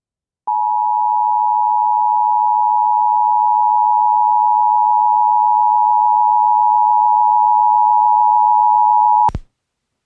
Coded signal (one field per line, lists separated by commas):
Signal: Emergency Alert System (SAME) tones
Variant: 853 and 960 Hz attention tone